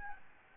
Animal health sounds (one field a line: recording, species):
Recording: mosquito wingbeat signal from an infrared sensor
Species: Aedes albopictus